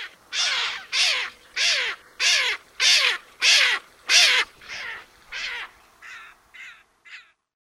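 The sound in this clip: White-throated caracara giving a rapid series of loud, harsh, grating calls, roughly every 0.6 seconds, fading into softer, shorter notes at the end.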